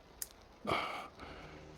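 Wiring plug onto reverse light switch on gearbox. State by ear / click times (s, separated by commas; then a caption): seated / 0.2 s. A wiring plug is pushed onto a newly fitted reverse light switch on a manual gearbox of a Seat, Volkswagen, Skoda or Audi (VAG) car until it latches. A sharp click is heard at 0.2 s, followed by a fainter tick and then a louder, breathy sound like a sigh or exhale. The connector seats onto the switch.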